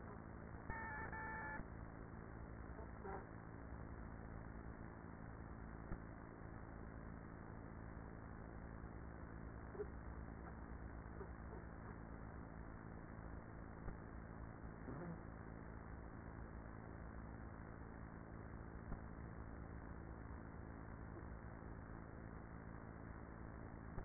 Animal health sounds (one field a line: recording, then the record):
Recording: honeybee colony, microphone inside the hive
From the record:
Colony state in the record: queenless with a low population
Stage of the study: after two queens were removed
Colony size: about 30,000 bees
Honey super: no